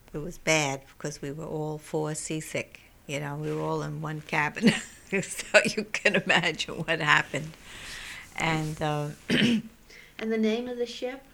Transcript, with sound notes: bad because we were all four seasick, you know. We were all in one cabin. ( she laughs ) So you can imagine what happened. And...
And the name of the ship?